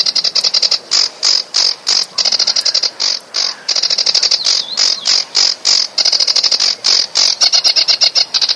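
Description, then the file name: A sedge warbler delivers an energetic stream of grating trills and scratchy repeated notes, short pauses between bursts, with an occasional slurred whistle mixed in. "kamyshovka barsuchok"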